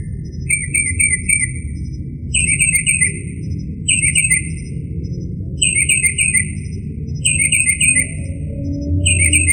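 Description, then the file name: Northern mockingbird: a short phrase repeated several times at a steady pace, with a continuous low rumble underneath. "kicauan burung northern mockingbird. omkicau"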